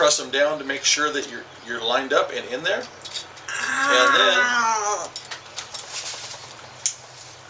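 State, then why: Partly seated. An accessory blade is pressed onto the metal tool head of an oscillating multitool while someone talks, with a sharp click at 6.9 s. The accessory is not fully seated: it is not flush, sits at an angle, and would come loose in use.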